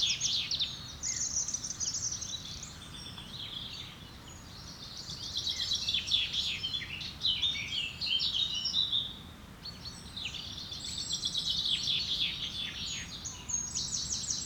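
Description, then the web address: Songbirds chorusing, overlapping high twitters and short trills in waves with quieter gaps. Woodland birds. "Birds, Insects Animals - Birds woodland"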